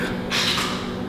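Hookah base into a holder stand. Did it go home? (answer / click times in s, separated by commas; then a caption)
no / none. A hookah base is handled as it is set into a holder stand, which is meant to lock it in place so it won't fall over if jostled. A broad rustling, scraping noise swells from about 0.3 to 0.6 seconds over a steady low hum, then fades. The clip ends before the base goes home; nothing has seated or clicked yet.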